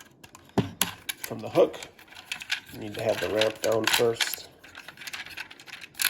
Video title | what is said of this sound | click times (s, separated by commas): Star Wars micro galaxy squadron SLAVE 1 review | This just unsnaps | 0.8 s